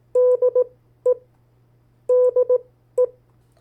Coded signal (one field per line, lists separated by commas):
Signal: Morse code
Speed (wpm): 18 wpm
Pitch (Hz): 500 Hz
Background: none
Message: DE DE